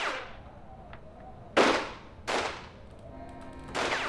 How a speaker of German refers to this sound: Ich war kaum vom Hof gefahren, da fielen plötzlich Schüsse. Einfach so, aus dem Nichts.